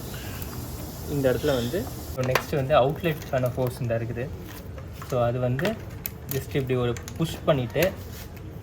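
Someone talks while handling a hose coupling at a pressure washer's outlet port, about to push it in so it locks. Speech fills the clip, with brief sharp ticks near 0.4 s and 8.4 s. Nothing has seated or clicked yet.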